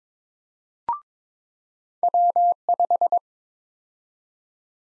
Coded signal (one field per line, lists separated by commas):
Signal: Morse code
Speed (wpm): 22 wpm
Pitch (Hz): 700 Hz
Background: none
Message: W5